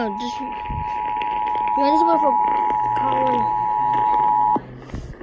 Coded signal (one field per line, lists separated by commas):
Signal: Emergency Alert System (SAME) tones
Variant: 853 and 960 Hz attention tone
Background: speech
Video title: SEVERE THUNDERSTORM WARNING ON 820 KHZ (REAL EAS#499)